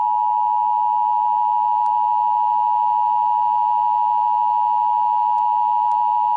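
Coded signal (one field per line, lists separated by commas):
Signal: Emergency Alert System (SAME) tones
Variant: 853 and 960 Hz attention tone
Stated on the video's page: Fictional EAS scenario alert, made by the creator.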